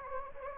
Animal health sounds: mosquito wingbeat signal from an infrared sensor; Anopheles gambiae

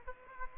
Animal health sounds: mosquito wingbeat signal from an infrared sensor; Aedes aegypti

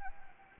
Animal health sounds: mosquito wingbeat signal from an infrared sensor; Anopheles gambiae

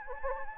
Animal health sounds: mosquito wingbeat signal from an infrared sensor; Anopheles gambiae

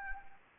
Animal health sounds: mosquito wingbeat signal from an infrared sensor; Anopheles arabiensis

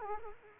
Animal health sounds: mosquito wingbeat signal from an infrared sensor; Culex quinquefasciatus

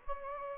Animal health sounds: mosquito wingbeat signal from an infrared sensor; Anopheles gambiae

